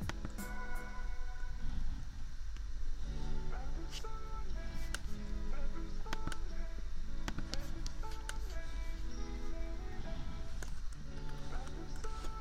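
Keyboard taps click sharply and unevenly over mellow lofi music, whose soft sustained chords shift every second or two. Beneath both, a laptop fan hums low and steady without a break for the whole twelve seconds.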